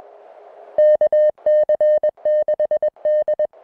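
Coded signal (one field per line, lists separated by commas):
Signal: Morse code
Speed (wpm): 21 wpm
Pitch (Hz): 610 Hz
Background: none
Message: KC6D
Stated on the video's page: Unedited CW contact audio from a Summits on the Air QRP activation of a mountain summit.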